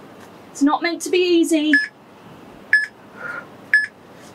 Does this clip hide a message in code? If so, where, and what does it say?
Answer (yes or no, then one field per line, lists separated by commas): no